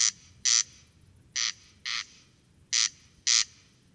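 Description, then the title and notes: Corn crake calling with three pairs of loud rasping notes, the rhythm uneven and quiet gaps between pairs. Single singing bird near a peat bog at Col Bayard, Hautes-Alpes, 12 July 2018, evening; sang continuously from 23:00 until dawn; recorded with Nagra Seven and Telinga Pro7. "Observation sonore - Le Râle des genêts. 12 juillet 2018-Col Bayard - Hautes Alpes. Râle des genêts ( Crex crex)"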